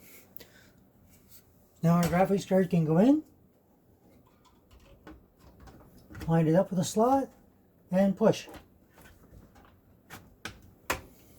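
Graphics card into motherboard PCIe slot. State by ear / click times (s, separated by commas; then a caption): seated / 10.5 s, 10.9 s. Someone talks while a graphics card is lined up with the PCIe slot on an MSI B550 Gaming Edge WiFi motherboard and pushed down, with a few faint handling noises in between. Two sharp clicks come at 10.5 s and 10.9 s as the slot's retention tab snaps forward and the card seats in the slot.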